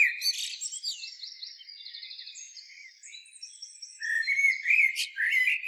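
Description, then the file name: Common blackbird song: high, rapid twittering and thin trilled notes, then lower fluty whistled notes at the end. "Turdus merula"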